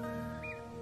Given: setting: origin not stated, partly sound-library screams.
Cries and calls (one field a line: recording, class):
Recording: one-second piece from a danger detection set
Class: normal situation